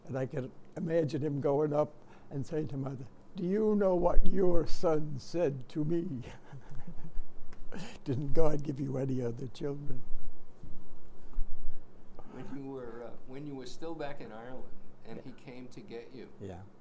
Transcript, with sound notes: And I can imagine him going up and saying to Mother, "Do you know what your son said to me?" [chuckles] "Didn't God give you any other children?" [chuckles]
When you were — when you were still back in Ireland and he came to get you —
Yeah.